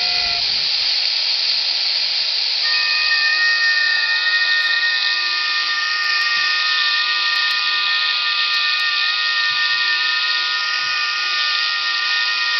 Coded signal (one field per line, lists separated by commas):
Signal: FT8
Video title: quansheng uvk5 ssb does work! just not sensitive enough for most ssb voice. but ft8 and cw loud